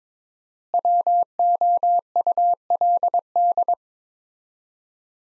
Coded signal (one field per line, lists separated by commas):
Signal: Morse code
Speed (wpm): 22 wpm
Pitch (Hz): 700 Hz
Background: none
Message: WOULD